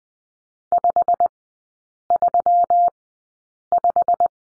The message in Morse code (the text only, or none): 535